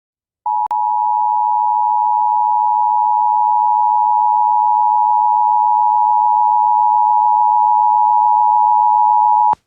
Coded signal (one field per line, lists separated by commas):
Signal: Emergency Alert System (SAME) tones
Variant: 853 and 960 Hz attention tone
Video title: EAS 118 - Plumas County, CA Fire Warning